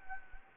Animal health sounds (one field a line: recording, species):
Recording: mosquito wingbeat signal from an infrared sensor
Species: Anopheles gambiae